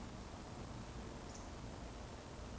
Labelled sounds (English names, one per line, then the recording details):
Eurasian Woodcock whistle
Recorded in Baden-Württemberg, Germany, on 24 June 2020 at 20:39 UTC
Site 14569, 102 m above sea level